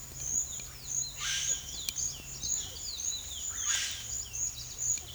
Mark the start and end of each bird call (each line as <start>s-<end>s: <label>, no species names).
0.33s-4.47s: bird call